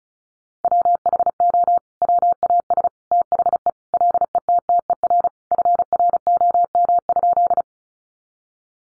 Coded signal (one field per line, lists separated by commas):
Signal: Morse code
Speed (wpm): 34 wpm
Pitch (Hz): 700 Hz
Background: none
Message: WHO WAS THE LETTER FROM?